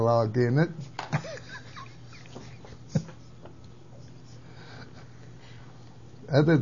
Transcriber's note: laughs